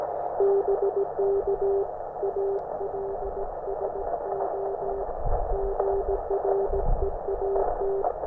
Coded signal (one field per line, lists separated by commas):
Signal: Morse code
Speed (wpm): 17 wpm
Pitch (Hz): 390 Hz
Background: none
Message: BK ALSO GREAT